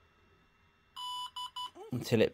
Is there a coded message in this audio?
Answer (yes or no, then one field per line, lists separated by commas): no